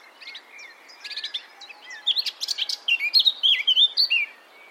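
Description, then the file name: Eurasian blackcap song: soft chattering and twittering notes at first, then a louder run of rich, fluty, varied warbled phrases over faint background noise. "Sylvia atricapilla"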